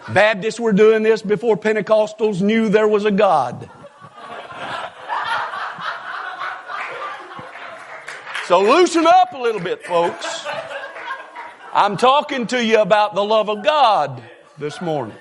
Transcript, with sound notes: Baptists were doing this before pentecostals knew there was a God.. [Laughter] So loosen up a little bit, folks. I'm talking to you about the love of God this morning.